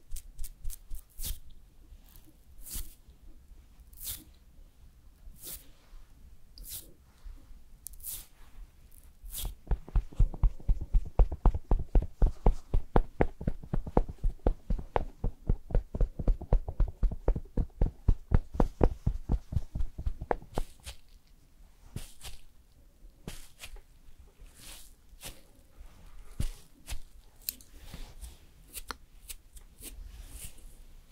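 Makeup and hair styling sounds, beginning with sharp, bright ticks roughly once a second. From about ten to twenty seconds a fast, regular run of stroking or brushing sounds builds up, fuller and louder. Afterward, scattered clicks and soft handling noises return over a quiet background.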